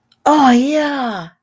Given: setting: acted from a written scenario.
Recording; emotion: vocal sound without words; elation